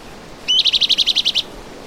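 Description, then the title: Bran-colored Flycatcher call: a brief high note followed by a rapid series of about nine even, high chattering notes lasting under a second, over quiet background. Subspecies auriceps. "LuckyPassaro Completos2Sama. Bran-colored Flycatcher"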